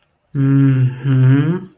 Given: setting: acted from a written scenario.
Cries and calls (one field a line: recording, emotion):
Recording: vocal sound without words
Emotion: serenity